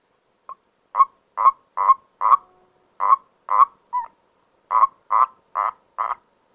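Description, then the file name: Common toad croaking: short nasal notes repeated in irregular bursts, about two per second, with two brief pauses; quiet background otherwise. "Erdkröte"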